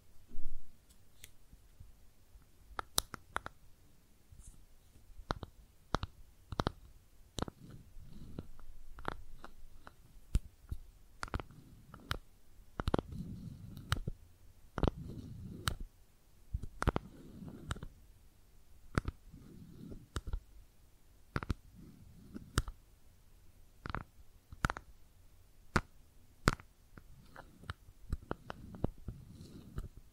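Sharp taps and clicks on makeup items land every second or so, with soft low rubbing and scratching between them.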